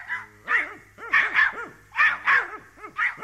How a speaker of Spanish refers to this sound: Los perros, por decir algo también, ladraron con un guaguá bastante necio.